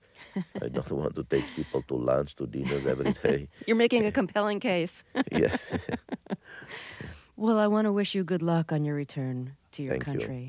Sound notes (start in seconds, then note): 2.4 laughs; 5.1 laughs